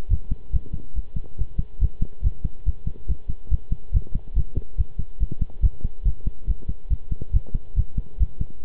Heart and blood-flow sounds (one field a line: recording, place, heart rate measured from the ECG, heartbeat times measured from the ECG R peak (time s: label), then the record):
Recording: heart sounds by stethoscope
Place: between the tricuspid and mitral areas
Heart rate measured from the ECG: 141 bpm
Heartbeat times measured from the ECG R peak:
0.10 s: heartbeat
0.52 s: heartbeat
0.95 s: heartbeat
1.38 s: heartbeat
1.81 s: heartbeat
2.23 s: heartbeat
2.66 s: heartbeat
3.08 s: heartbeat
3.51 s: heartbeat
3.93 s: heartbeat
4.35 s: heartbeat
4.78 s: heartbeat
5.20 s: heartbeat
5.62 s: heartbeat
6.05 s: heartbeat
6.47 s: heartbeat
6.90 s: heartbeat
7.33 s: heartbeat
7.76 s: heartbeat
8.20 s: heartbeat
8.63 s: heartbeat
From the record:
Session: pedaling a stationary bicycle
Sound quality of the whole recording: good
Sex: male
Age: 23 years